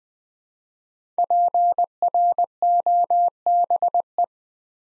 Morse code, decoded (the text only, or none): PROBE